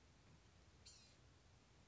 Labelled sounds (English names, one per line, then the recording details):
Blue-gray Gnatcatcher
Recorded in Sonoma County, California